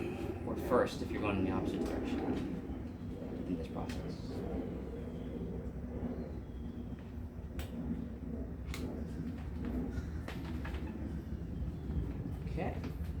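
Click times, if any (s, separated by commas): none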